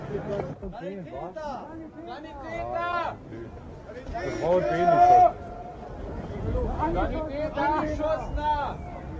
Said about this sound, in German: Es wird nach einem Sanitäter gerufen. Wieder ist ein Verwundeter vorhanden, der zurücktransportiert werden muss.